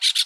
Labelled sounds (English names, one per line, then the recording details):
Brown-throated Parakeet contact call
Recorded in Aruba
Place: hill w/tanki N of Savaneta
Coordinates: 12.461, -69.944